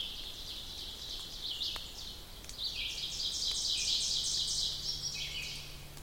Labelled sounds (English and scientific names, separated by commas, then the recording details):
Ovenbird (Seiurus aurocapilla) song
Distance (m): 30 m
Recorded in boreal forest in Alberta, Canada, on 2 June 2016 at 07:23
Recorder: SongMeter 3, array SBT-3-7
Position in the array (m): 45 m, 173 m
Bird 4